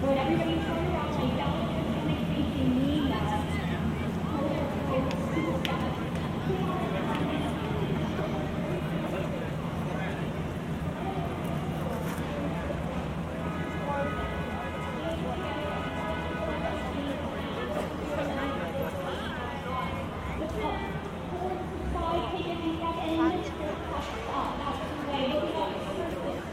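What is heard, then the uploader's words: A walk through busy city streets, with many overlapping voices chattering throughout. A constant low rumble of traffic sits underneath, and a higher ringing tone stands out briefly around the middle. The level stays steady and crowded from start to finish. A twenty-five minute binaural recording of a walk from Grand Central Terminal to Times Square. A walk from Grand Central to Times Square.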